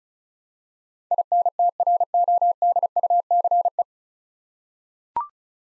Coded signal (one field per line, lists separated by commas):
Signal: Morse code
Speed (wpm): 36 wpm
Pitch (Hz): 700 Hz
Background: none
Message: INTRODUCE